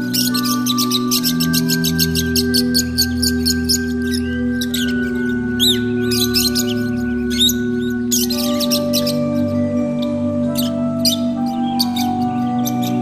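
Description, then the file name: Lovebird chatter, rapid trains of short high chirps early on, then scattered squeaks, all set against steady sustained music. Lovebirds, used for audio therapy. "audio terapi lovebirds"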